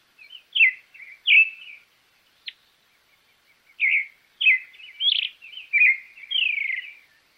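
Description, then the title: Creamy-bellied thrush delivering a varied song of warbled and slurred phrases, with a brief sharp note during a pause in the middle. "ZORZAL CHALCHALERO"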